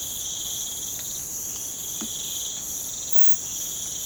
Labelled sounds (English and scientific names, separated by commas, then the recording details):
none
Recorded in pastures near Puerto Asís, Putumayo, Colombia, on 30 June 2025 at 05:00
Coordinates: 0.472, -76.331
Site G095